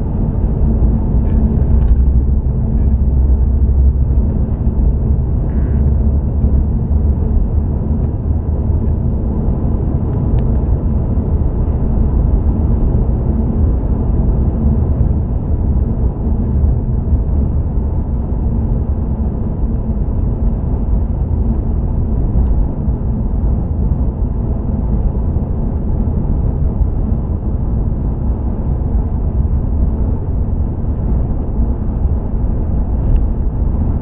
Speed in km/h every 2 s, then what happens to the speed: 63, 64, 68, 69, 71, 72, 72, 71, 71, 71, 71, 72, 72, 74, 74, 76, 76.
0-10 speeds up to 72. 10-34 steady at about 72.